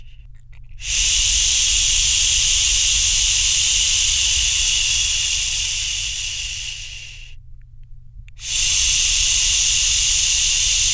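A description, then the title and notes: Steady bright shushing hisses in two long bursts, the first fading around seven seconds, a brief quiet gap, then resuming near eight and a half. Calm Shushing for a Sleepy Baby at Bedtime (Fades Out). A mix of natural and calming shushing sounds.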